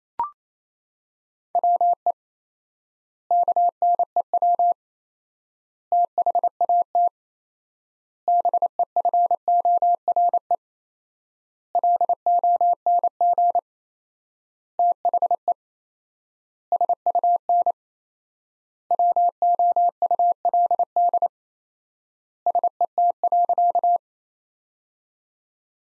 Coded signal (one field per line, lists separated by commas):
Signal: Morse code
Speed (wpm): 28 wpm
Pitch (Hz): 700 Hz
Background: none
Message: WE KNEW THAT BEFORE LONG THE SUN WOULD SET.